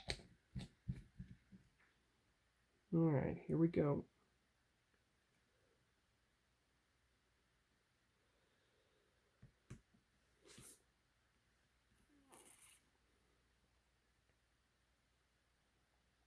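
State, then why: Not seated. The main deflector assembly of a plastic starship scale-model kit is handled against its plastic hull housing, with brief sharp ticks near 0.1 s and 0.6 s, then someone talks, and later a faint tick near 9.7 s and soft rustles. The part has not seated or snapped into its housing yet.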